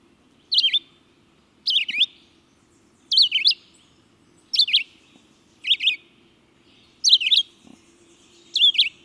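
Red-eyed vireo song: short, varied whistled phrases, each sliding up and down, repeated about every second and a half with brief pauses; faint low hum beneath.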